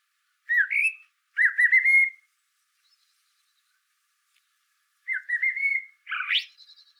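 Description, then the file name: Common blackbird with whistled, slightly wavering fluty phrases, a pause of several seconds, then a further phrase ending in a rising squeaky flourish. "Turdus merula"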